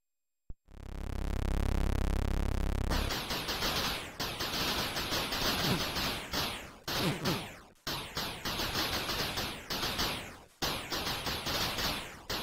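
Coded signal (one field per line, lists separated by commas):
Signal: Commodore tape loading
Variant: Commodore 64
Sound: a click, a buzzy steady lead tone, then harsh warbling screeching data with brief gaps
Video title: Commodore 64 Tape Loader Commodore Force 04 Reel Action 07 ZZap 094 Holiday Cups 1993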